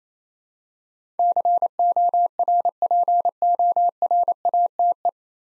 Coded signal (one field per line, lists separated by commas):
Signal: Morse code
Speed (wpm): 28 wpm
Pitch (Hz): 700 Hz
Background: none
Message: CORPORATE